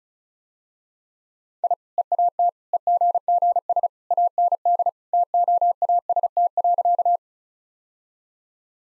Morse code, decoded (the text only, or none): I EAT EGGS AND TOAST.